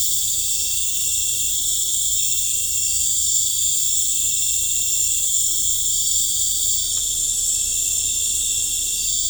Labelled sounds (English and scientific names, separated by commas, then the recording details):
none
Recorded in pastures near Puerto Asís, Putumayo, Colombia, on 18 December 2024 at 19:30
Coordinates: 0.496, -76.326
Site G004